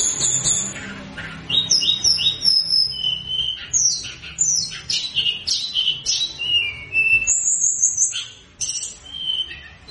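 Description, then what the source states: Sunda Robin: tledekan song of high, clear whistled phrases, short slurred notes jumping between pitches, some falling and some level, in quick varied bursts throughout. Singing actively ('gacor'); recording offered as a lure sound to make wild birds answer.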